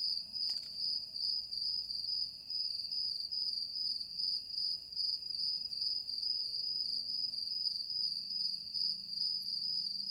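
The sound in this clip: Cricket sounding a continuous high-pitched pulsed chirp, pulses coming fast and evenly, with a brief knock early on.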